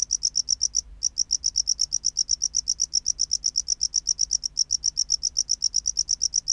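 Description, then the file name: Tropical house cricket song, high pulsed chirps repeated quickly and regularly, broken by a short gap near the start and a tiny hitch later. "Bio Acoustica. Gryllodes sigillatus"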